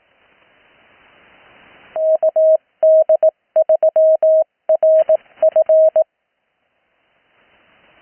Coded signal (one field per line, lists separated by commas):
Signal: Morse code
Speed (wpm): 18 wpm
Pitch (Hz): 630 Hz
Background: radio noise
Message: KD3RF